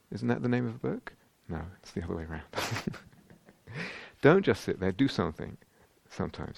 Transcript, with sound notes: Isn't that the name of a book? No, it's the other way around. [laughs] Don't just sit there. Do something! Sometimes.